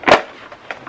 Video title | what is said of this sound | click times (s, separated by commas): Set Up Tips Stokke® PramPack™ + Review - Stokke Xplory | you hear it click but the way to double check is it should be green right here on | 0.7 s